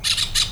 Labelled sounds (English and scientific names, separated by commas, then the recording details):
Brown-throated Parakeet (Eupsittula pertinax) contact call
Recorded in Venezuela
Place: Cerro Saroche, Hato Dalmatela, Edo. Lara
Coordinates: 10.149, -69.534